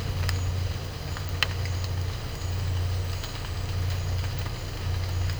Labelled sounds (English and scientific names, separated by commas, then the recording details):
none
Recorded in dense forest near Puerto Asís, Putumayo, Colombia, on 9 March 2025 at 12:30
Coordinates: 0.468, -76.322
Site GP01